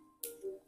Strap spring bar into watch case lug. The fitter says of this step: Did you hear the click? We're halfway in, guys. We're halfway on.